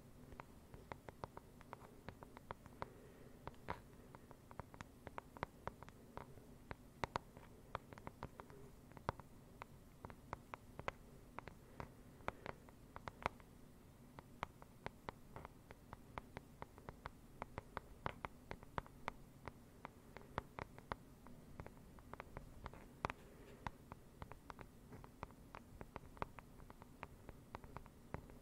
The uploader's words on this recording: ASMR NO TALKING slow rain-like Tapping.